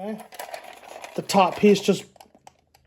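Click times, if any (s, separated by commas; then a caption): 2.5 s, 2.8 s. Someone talks while a small plastic top piece (the cupola part) is pressed into the roof of a Lionel Pennsylvania model train caboose. Sharp clicks at 2.5 s and 2.8 s are heard as the piece snaps home and seats.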